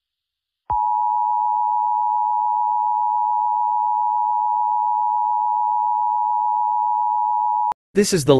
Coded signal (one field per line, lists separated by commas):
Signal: Emergency Alert System (SAME) tones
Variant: 853 and 960 Hz attention tone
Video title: EF5 (An EAS Scenario) EAS Scenario #11